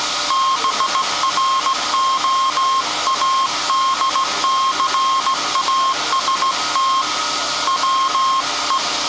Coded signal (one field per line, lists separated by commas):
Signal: Morse code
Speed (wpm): 16 wpm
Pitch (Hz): 1070 Hz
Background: none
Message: BROADCAST WE